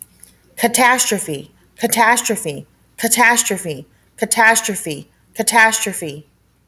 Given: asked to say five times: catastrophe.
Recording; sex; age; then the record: repeated word; female; 30 to 39 years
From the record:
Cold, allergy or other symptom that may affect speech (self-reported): no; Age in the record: 33 years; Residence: Nevada, United States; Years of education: 16